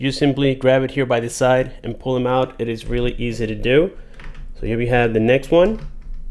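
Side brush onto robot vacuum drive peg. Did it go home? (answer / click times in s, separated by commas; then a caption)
no / none. Someone talks while handling the second plastic side brush for a Zoozee Z50 Smart Vacuum/Mop robot vacuum, bringing it toward its drive peg on the underside of the flipped-over vacuum; the brushes only go one way and snap in place. Nothing has seated or clicked yet.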